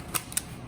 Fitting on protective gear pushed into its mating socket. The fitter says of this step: okay this pops right into there straight on straight in